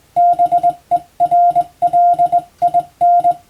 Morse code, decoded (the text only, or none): BERLIN